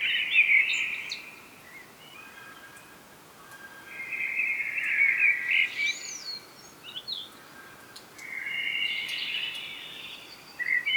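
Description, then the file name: Common blackbird song, warbled fluty phrases around mid-high pitch separated by short pauses, with a few high twittering notes between them; steady faint background hiss. "Turdus merula"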